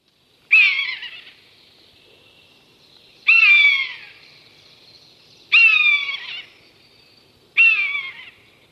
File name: Kane lesni